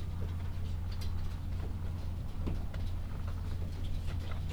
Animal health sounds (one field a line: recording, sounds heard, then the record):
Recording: poultry house recording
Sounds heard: sick chickens (respiratory disease)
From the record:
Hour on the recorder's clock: 13